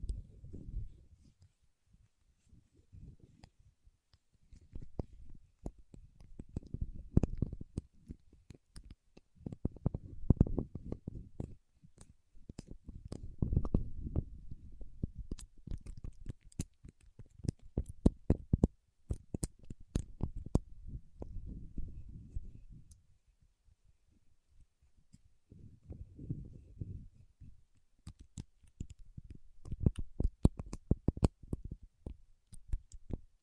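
Paraffin wax being peeled, tapped and scratched: bursts of crackly, low rustling with sharp clicks and taps, pausing briefly between bursts.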